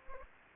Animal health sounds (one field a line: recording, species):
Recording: mosquito wingbeat signal from an infrared sensor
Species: Aedes aegypti